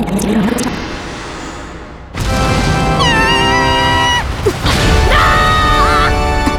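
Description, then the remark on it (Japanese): Loud, high wavering screams from four voices in a Haruhi Suzumiya drama CD as a sound worm attacks. The screams follow one another over a dense, roaring wash of noise, each cry sliding in pitch before the next takes over. “以上、どれが誰の悲鳴だかお分かりだろうか。”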